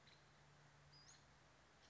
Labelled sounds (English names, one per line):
Western Flycatcher